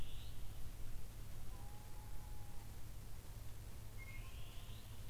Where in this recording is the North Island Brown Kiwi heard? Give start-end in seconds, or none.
none